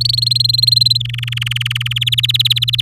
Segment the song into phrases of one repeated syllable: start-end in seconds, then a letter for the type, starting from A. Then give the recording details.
0.01-0.97 A, 1.00-1.93 B, 1.96-2.81 C. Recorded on 6 May 2018 at 12:35. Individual llb16